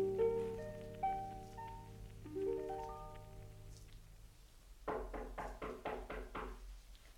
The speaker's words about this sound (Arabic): من يدق الباب؟ من؟